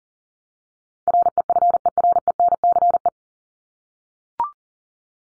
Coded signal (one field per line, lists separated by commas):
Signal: Morse code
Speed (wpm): 40 wpm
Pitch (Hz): 700 Hz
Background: none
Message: REFERENCE